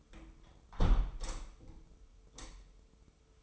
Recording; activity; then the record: daily activity, microphone in the room; close window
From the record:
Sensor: 1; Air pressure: 995.8 hPa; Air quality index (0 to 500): 47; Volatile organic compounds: 1 ppm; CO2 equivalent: 851 ppm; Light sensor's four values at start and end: 30/104/40/41 and 30/103/40/41